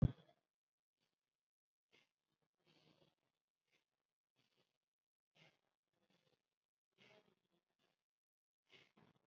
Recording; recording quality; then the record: shallow breathing; moderate, slight background noise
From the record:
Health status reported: COVID-19 positive, moderate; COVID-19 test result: positive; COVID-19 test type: RT-PCR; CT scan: not taken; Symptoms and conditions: cough, cold, breathing difficulty, fatigue, muscle pain, diabetes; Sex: male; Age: 53 years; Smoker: no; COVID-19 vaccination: one dose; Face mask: worn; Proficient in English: no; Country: India